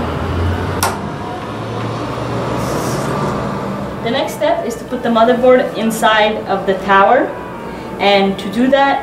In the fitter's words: and just push down until you hear it click